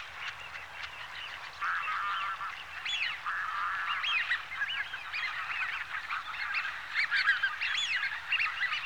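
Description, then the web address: Eurasian wigeon flock calling, a dense chorus of overlapping whistled rising-and-falling 'whee-oo' notes, growing busier after the first second and a half and continuing throughout. Large flock of Eurasian wigeons. "BBC Sound Effects Library. Wigeon (Anas Penelope)"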